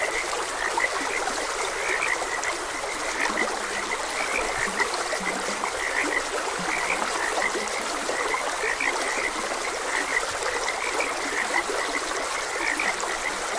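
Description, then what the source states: Frog croaks, quick chirpy notes scattered throughout, set against continuous babbling stream noise. Frogs croaking beside a gentle stream.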